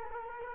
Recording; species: mosquito wingbeat signal from an infrared sensor; Culex quinquefasciatus